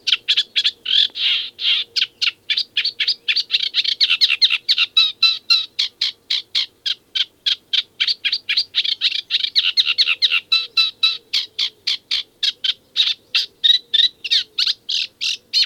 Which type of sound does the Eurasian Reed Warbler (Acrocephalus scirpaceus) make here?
song